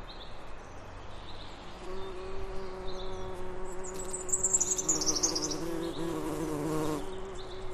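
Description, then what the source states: Bees buzzing, a continuous hum that grows louder in the second half and then drops away near the end, with a descending high bird call and scattered chirps. Bees humming in a flower meadow.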